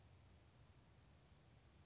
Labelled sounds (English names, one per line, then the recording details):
Western Flycatcher
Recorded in Sonoma County, California